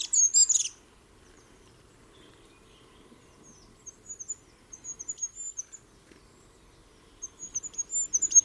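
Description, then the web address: Bird calls: one short, loud, high chirp burst at the start, a long pause, then faint, thin, very high chirps scattered through the rest. "birddata Deverinetal 2025"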